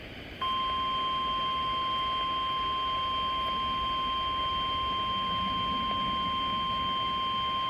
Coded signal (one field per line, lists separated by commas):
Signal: Emergency Alert System (SAME) tones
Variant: 1050 Hz attention tone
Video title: 2x EAS Required Weekly Test and Tornado Siren Test NOAA Weather Radio WNG685